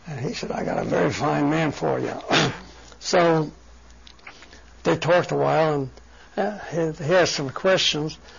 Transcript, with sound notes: And he said, "I got a very fine man for you." (clears voice) So they talked awhile and he asked some questions.